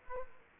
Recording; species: mosquito wingbeat signal from an infrared sensor; Aedes aegypti